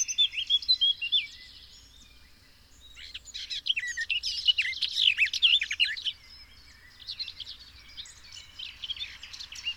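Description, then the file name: Eurasian blackcap warbling in dense, tumbling phrases of mixed whistled and chattering notes, loudest in the middle, with quieter twittering before and after. "Sylvia atricapilla"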